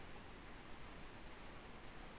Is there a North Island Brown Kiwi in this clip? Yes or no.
no